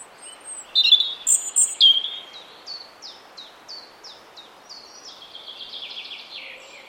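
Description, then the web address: European robin song: a few loud high bursts early, then a soft series of thin falling notes and faint warbling over low hiss. "Deverinetal 2025 File origin Bird Only Er Ru"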